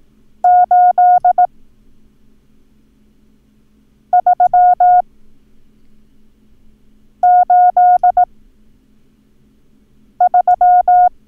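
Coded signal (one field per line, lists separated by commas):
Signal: Morse code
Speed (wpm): 18 wpm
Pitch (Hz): 720 Hz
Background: none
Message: 8 383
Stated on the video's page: Morse code lesson drill teaching the numbers 1 and 8, part of a sequential additive course.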